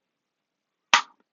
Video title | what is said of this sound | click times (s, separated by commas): This is Why I Believe Hybrid Holsters Are Awful - Active Self Protection Extra | that click that's a positive click this gun is not coming out of this bucket | 0.9 s